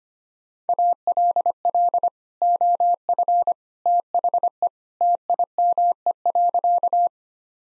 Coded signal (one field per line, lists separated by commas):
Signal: Morse code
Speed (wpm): 25 wpm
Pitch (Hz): 700 Hz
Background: none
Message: ALL OF THE TIME.